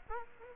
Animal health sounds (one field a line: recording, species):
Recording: mosquito wingbeat signal from an infrared sensor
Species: Culex quinquefasciatus